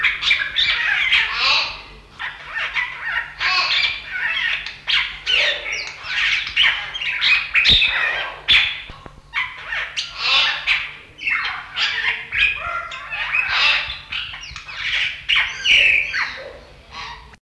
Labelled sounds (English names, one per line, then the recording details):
Greater Blue-eared Starling song
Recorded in captivity
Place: Zoo Berlin, Berlin, DE
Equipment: Halbspur, 9,5 cm/s
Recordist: Lütgens, Hans
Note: Gesang